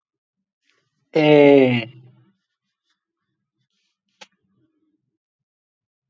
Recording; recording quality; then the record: sustained vowel as in made; excellent, no background noise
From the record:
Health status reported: respiratory illness, not identified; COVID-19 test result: negative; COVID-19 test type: RT-PCR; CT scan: not taken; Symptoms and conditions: cold, asthma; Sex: male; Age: 23 years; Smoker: no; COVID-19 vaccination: one dose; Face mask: not worn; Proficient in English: yes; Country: India